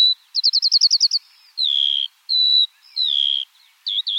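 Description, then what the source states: Skylark song opening with a quick run of about nine tiny chirps, then long high whistled notes gliding slightly downward. Eurasian skylark singing in flight.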